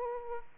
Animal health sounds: mosquito wingbeat signal from an infrared sensor; Aedes aegypti

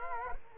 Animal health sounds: mosquito wingbeat signal from an infrared sensor; Culex quinquefasciatus

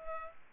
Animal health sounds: mosquito wingbeat signal from an infrared sensor; Culex pipiens

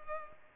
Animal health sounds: mosquito wingbeat signal from an infrared sensor; Culex pipiens

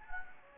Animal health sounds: mosquito wingbeat signal from an infrared sensor; Anopheles gambiae

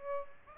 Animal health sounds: mosquito wingbeat signal from an infrared sensor; Aedes albopictus

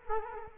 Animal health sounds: mosquito wingbeat signal from an infrared sensor; Culex quinquefasciatus

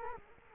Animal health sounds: mosquito wingbeat signal from an infrared sensor; Culex quinquefasciatus

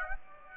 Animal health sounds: mosquito wingbeat signal from an infrared sensor; Aedes aegypti

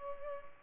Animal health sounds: mosquito wingbeat signal from an infrared sensor; Culex pipiens

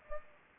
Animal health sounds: mosquito wingbeat signal from an infrared sensor; Anopheles gambiae

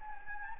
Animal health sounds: mosquito wingbeat signal from an infrared sensor; Anopheles gambiae

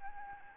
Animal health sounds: mosquito wingbeat signal from an infrared sensor; Aedes albopictus

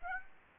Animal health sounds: mosquito wingbeat signal from an infrared sensor; Aedes aegypti

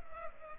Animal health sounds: mosquito wingbeat signal from an infrared sensor; Culex pipiens

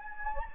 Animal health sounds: mosquito wingbeat signal from an infrared sensor; Anopheles gambiae

